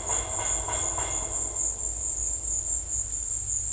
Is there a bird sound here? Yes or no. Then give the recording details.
no. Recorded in secondary vegetation near Puerto Asís, Putumayo, Colombia, on 16 December 2024 at 15:30. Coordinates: 0.481, -76.318. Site G042